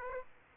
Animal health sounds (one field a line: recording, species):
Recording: mosquito wingbeat signal from an infrared sensor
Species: Aedes aegypti